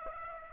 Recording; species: mosquito wingbeat signal from an infrared sensor; Aedes aegypti